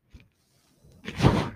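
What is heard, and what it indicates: A soft click, then a rising airy whoosh of about half a second: a home mechanical ventilator delivering a breath.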